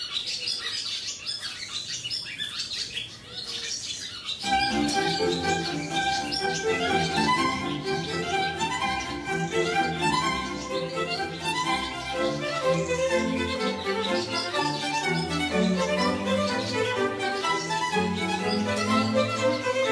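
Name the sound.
birdsong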